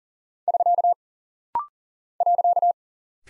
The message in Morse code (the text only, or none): <SK> .